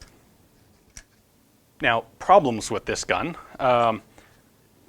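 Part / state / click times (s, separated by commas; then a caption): trigger guard on shotgun frame / seated / 0.0 s, 1.0 s. A hinged metal trigger guard on a cast Winchester Liberator shotgun frame is rotated up out of the way and back down, letting it be used with heavy gloves or in the cold. A spring-loaded plunger snaps it into place in each position, heard as two sharp ticks at 0.0 s and 1.0 s. Afterward someone talks.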